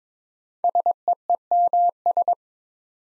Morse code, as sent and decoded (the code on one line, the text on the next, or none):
... . . -- ...
SEEMS